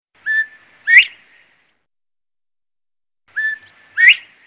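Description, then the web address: Northern bobwhite whistling its two-part call, a short level note followed by a sharply rising whistle, given twice about three seconds apart in otherwise quiet surroundings. "upland birds bob white quail"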